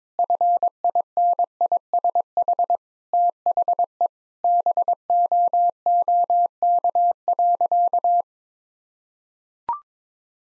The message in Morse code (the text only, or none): FINISH THE BOOK.